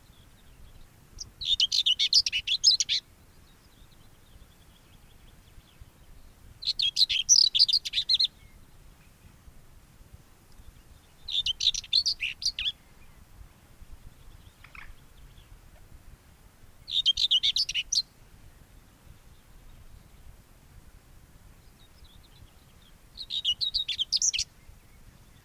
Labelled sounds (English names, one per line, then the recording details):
Common Whitethroat song
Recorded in the wild
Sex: male
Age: adult
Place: Röttenbach, Bayern, DE
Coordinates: 49.6683, 10.9244
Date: 1961-06-15
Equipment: Stellavox SM 4, Original, Vollspur, langes Kabel
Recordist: Tretzel, Erwin
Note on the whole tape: "Röttenbach A": Männchen: Gesang